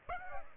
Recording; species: mosquito wingbeat signal from an infrared sensor; Aedes aegypti